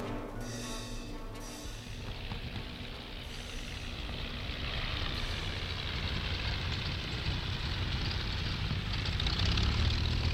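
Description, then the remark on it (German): A propeller airplane engine drones steadily, starting with a tonal, buzzing hum that gives way to a broad, rushing roar growing slightly louder over the whole stretch, with no voices. “Im vierten Akt landete das Flugzeug am Nordpol.”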